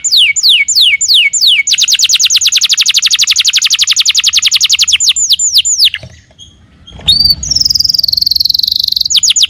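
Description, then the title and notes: Canary song opening with loud, descending whistled sweeps, then a long, fast, even trill, a brief pause, and a high, buzzy, rattling phrase ending in more sweeps. Long-duration lure song for young canaries, used as a master recording for training. "Pancingan Kenari Muda Durasi Panjang. masteran kenari"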